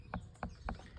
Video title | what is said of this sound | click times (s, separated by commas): Entretien Lampes UV AQUARITE UV LS | Vous avez entendu ? Clac. | 0.7 s